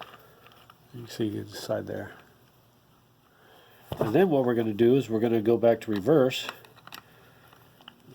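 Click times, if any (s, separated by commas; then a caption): 7.9 s. Someone talks while shifting the gears of an opened Hisun 250 ATV transmission by hand from neutral back into reverse. After the talking stops, small metallic ticks are heard, then a sharp metal click at 7.9 s as the reverse gear engages. The output shaft then spins the opposite way.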